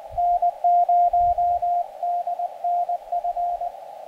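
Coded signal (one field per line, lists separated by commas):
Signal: Morse code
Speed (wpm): 20 wpm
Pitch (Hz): 700 Hz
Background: none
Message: N0DNF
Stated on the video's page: Morse sent with a homebrew pressure paddle on a QRP five-band linked dipole during a Summits on the Air summit activation.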